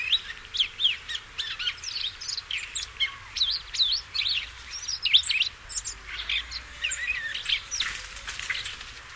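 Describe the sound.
Siberian rubythroat song: a long, varied, scratchy warble of quick notes and chirps, continuous throughout.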